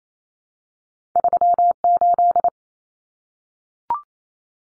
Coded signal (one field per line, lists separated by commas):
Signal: Morse code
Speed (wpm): 28 wpm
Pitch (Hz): 700 Hz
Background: none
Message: 38